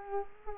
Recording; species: mosquito wingbeat signal from an infrared sensor; Culex quinquefasciatus